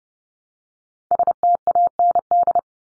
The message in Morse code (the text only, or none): STAND